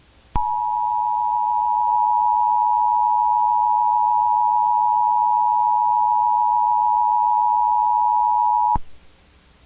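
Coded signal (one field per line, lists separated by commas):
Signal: Emergency Alert System (SAME) tones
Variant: 853 and 960 Hz attention tone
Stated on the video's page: Fictional EAS scenario in analog horror style, described as containing valid EAS tones.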